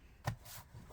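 With a Dell Inspiron 3501 laptop turned upside down, the plastic housing clips are being pressed back into the case by hand. A short knock of handling near 0.3 s stands out over light rubbing and shuffling. Nothing has snapped or seated yet.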